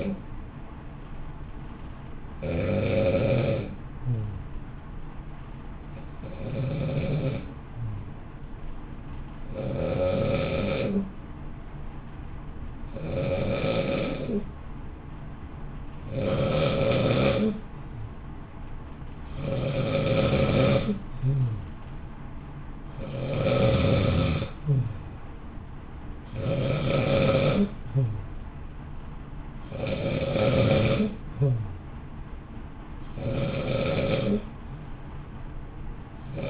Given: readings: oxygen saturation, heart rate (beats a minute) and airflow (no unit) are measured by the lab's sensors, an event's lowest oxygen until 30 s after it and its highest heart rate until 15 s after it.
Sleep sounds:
breathing in sleep by a smartphone at the bedside; 1
3.00-20.30 s: hypopnea (N2, oxygen 95% highest, then 91% lowest, heart rate 56 at the start, 61 highest)
29.00-36.50 s: new sleep stage, N1 (lightest sleep)
From the record:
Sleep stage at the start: N2 (light sleep); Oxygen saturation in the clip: 91 to 95%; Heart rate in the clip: 53 to 61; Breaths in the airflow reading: 13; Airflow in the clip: -0.8 to 0.9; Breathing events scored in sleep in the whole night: 328 in 6.3 hours asleep

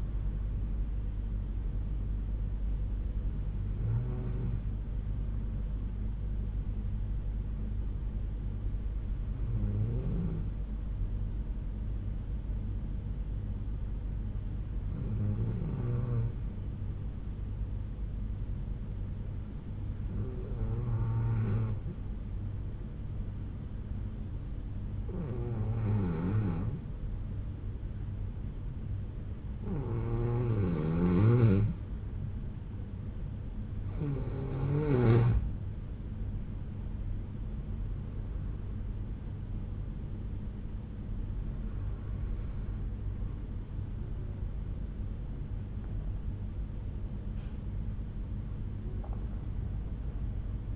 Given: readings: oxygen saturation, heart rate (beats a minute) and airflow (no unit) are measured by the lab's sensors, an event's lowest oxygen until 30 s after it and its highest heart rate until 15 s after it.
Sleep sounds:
breathing in sleep by a smartphone at the bedside; 1
8.00-31.80 s: hypopnea (N2, oxygen 95% highest, then 89% lowest, heart rate 61 at the start, 73 highest)
From the record:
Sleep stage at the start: N2 (light sleep); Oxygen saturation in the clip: 89 to 95%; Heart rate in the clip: 60 to 73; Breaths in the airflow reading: 10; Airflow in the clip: -7.4 to 10.2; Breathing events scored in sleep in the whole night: 368 in 8.0 hours asleep

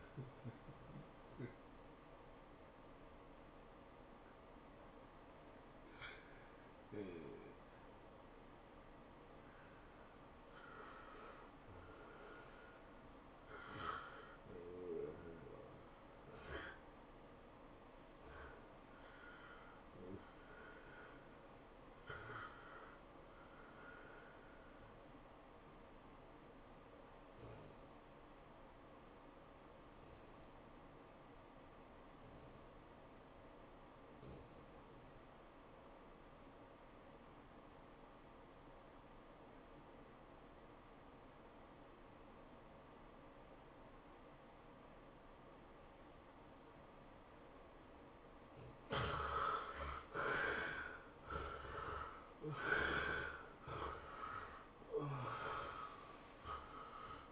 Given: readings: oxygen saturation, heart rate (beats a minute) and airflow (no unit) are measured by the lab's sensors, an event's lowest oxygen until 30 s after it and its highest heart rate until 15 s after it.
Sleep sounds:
breathing in sleep by a voice recorder at the bedside; 1
29.00-50.10 s: obstructive apnea (REM, oxygen 96% highest, then 70% lowest, heart rate 104 at the start, 114 highest)
From the record:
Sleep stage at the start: REM sleep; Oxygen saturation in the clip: 63 to 96%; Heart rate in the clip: 80 to 119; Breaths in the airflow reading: 9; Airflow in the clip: -18.8 to 10.8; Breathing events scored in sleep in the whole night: 403 in 5.5 hours asleep

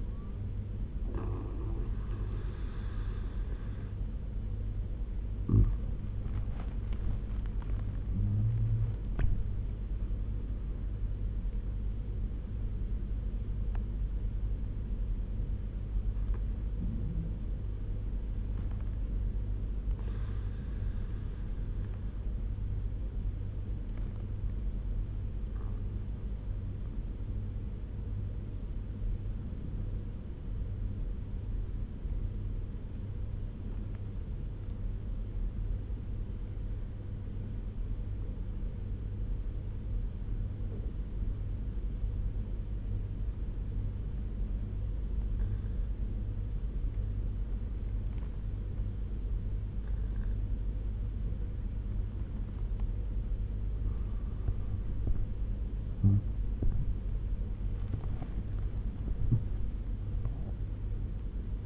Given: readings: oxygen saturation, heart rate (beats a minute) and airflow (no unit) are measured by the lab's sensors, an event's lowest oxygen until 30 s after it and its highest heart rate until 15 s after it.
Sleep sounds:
breathing in sleep by a smartphone at the bedside; 1
23.00-53.30 s: obstructive apnea (N1, oxygen 97% highest, then 92% lowest, heart rate 77 at the start, 82 highest)
24.00-54.00 s: new sleep stage, N2 (light sleep)
54.00-61.66 s: new sleep stage, N1 (lightest sleep)
From the record:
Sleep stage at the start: N1 (lightest sleep); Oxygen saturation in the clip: 91 to 98%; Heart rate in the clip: 70 to 86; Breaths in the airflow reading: 6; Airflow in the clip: -8.8 to 12.4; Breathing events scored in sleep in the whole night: 201 in 6.5 hours asleep

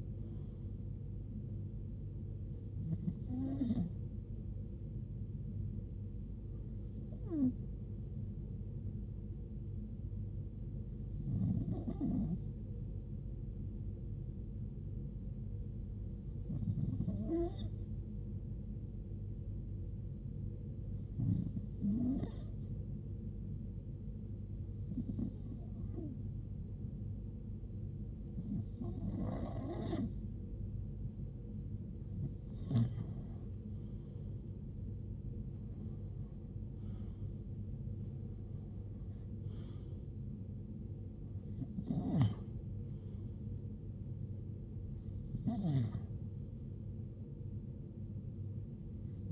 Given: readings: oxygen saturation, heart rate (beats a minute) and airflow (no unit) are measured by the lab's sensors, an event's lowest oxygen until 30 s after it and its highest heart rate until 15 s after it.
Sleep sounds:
breathing in sleep by a smartphone at the bedside; 1
6.00-36.00 s: new sleep stage, N1 (lightest sleep)
15.00-32.00 s: hypopnea (N1, oxygen 95% highest, then 92% lowest, heart rate 63 at the start, 77 highest)
36.00-49.32 s: new sleep stage, N2 (light sleep)
From the record:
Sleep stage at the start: N2 (light sleep); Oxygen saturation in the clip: 91 to 95%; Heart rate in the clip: 63 to 77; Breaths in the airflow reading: 13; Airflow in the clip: -11.5 to 8.4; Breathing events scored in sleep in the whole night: 389 in 6.3 hours asleep

